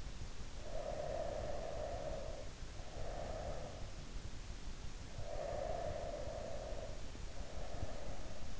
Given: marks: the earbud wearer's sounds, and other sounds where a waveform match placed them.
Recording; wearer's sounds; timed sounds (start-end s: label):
sounds in sleep by an in-ear microphone; breath
0.38-3.85 s: breath
5.06-8.60 s: breath